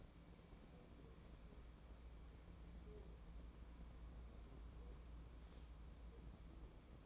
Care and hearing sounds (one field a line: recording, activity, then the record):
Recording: daily activity, microphone in the room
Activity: wipe stove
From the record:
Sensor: 1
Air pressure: 1012.4 hPa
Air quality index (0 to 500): 148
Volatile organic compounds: 2 ppm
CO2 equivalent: 1217 ppm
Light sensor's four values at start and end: 2202/4371/2183/2330 and 2061/4103/2046/2195